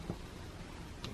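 A spring-loaded bearing is placed on top of the extractor plunger spring and pushed down. It clicks into place at 1.0 s, a short sharp tick over quiet background noise, and it is seated.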